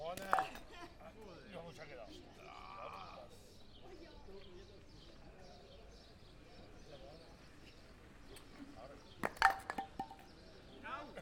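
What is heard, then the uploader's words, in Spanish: People playing three-cushion billiards, with a steady murmur of voices and chatter throughout. Sharp clicks of balls striking come near the start and again in a quick cluster around nine to ten seconds, with a brief bright tone near three seconds. Personas que juegan al billar a tres bandas.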